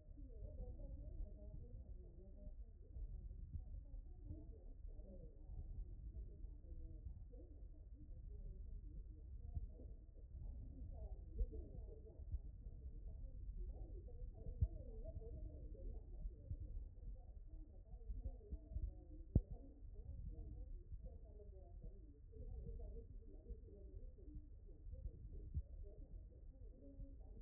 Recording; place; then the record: heart sounds by stethoscope; aortic valve (AV)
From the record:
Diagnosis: non-HFrEF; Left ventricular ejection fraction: 57%